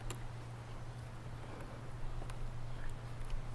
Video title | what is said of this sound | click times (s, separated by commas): Visconti Flex Fuel kit for FRS and BRZ install video | And just work it inside of the fitting until it clicks, which it has now. | 2.3 s